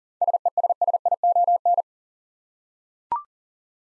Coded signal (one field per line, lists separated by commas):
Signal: Morse code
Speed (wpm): 40 wpm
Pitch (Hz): 700 Hz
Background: none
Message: SESSION